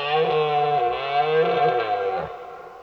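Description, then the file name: Red deer giving one loud, rich roar of under three seconds, harmonic and throaty, wavering slightly before dropping away at the end. Roaring during the rut, heard in the distance. "Burlen in deverte"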